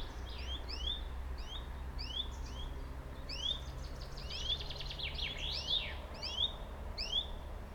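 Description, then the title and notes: Bird calls: short, sharp slurred chirps repeated rapidly by more than one bird, with a denser burst of overlapping notes midway, over a steady low rumble. Two birds calling in competition at Buchet, Germany; a bus drives on the street to the west and a plane flies over the area. "Buchet, Deutschland - Vogelwettschreien. Birds battle. Zwei Vögel schreien um die Wette, auf der westlich gelegenen Straße fährt ein Bus, ein Flugzeug fliegt über das Gebiet"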